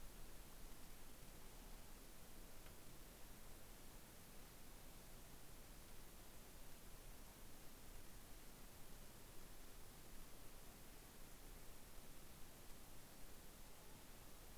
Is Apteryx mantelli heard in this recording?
no